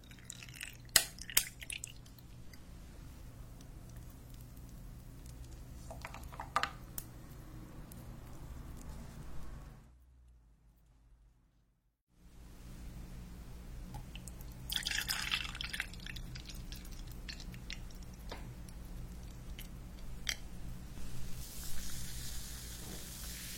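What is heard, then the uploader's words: Kitchen sounds from making matcha milk and baking: a steady low hum runs underneath while sharp clicks, taps and brief wet squishing noises come and go. Around ten seconds everything drops to silence for two seconds, then the hum and scattered handling sounds return. Make matcha milk almond cookies hazelnut cake.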